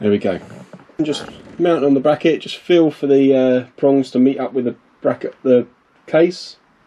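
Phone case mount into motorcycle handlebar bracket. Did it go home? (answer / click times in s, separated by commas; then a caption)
no / none. A phone in its Quadlock case is pressed onto the Quadlock handlebar bracket of a Yamaha MT-01 motorcycle while someone talks, feeling for the case's prongs to line up with the bracket. Throughout the clip only talking is heard. Nothing has seated or clicked yet; the mount has not locked in place.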